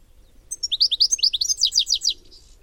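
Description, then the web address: Bird giving one fast run of bright, high chirps, many sharp notes crowded into under two seconds. "cianscape. Deverinetal 2025. Bird Only"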